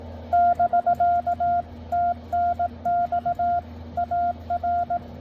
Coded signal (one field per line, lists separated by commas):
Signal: Morse code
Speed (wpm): 20 wpm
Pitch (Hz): 700 Hz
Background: none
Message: <BK> TNX AR